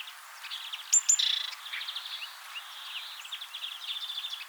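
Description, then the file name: Great tit calling: a high double note into a harsh buzzing churr, followed by a quieter stretch of twittering chirps. "Parus major"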